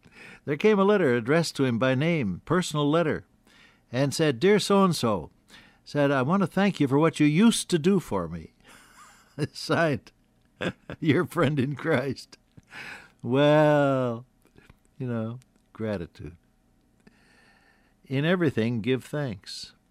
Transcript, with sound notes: There came a letter addressed to him by name — personal letter. And said, “Dear ‘so and so’,” it said, “I want to thank you for what you used to do for me,” signed, “Your friend in Christ.” (Laughs) Well, you know gratitude. “In everything, give thanks.”